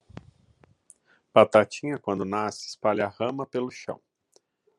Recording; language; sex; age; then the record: short text; Brazilian Portuguese; male; 30 to 39 years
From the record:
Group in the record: control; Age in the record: 33 years